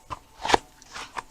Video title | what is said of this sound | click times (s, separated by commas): How to Make a kydex holster S&W 2.0 Compact | Hear that snap? | 0.5 s